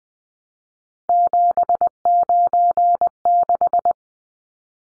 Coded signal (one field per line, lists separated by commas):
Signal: Morse code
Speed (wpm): 20 wpm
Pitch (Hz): 700 Hz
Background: none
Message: 796